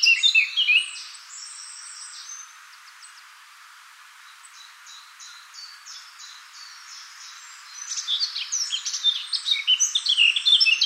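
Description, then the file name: Eurasian blackcap song: a brief warble, a long run of thin repeated ticking notes, then a loud, rapid twittering warble to the end. "Sylvia atricapilla"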